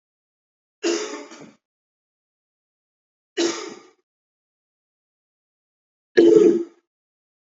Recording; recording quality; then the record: heavy voluntary cough; excellent, no background noise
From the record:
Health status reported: healthy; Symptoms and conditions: none ticked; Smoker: not ticked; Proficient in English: yes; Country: India